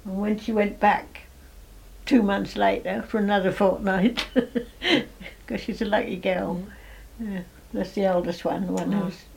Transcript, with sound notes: And when she went back, two months later for another fortnight... [laughs] 'Cause she's a lucky girl. That's the eldest one, the one's who's